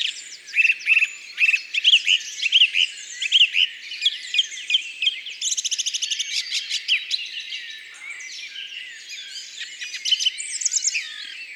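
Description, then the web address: Song thrush song: short whistled notes repeated in quick sets, then a rapid rattling trill and more varied high phrases, over background noise. "Grive musicienne. abc de la nature"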